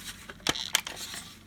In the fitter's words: and it clicks into place let me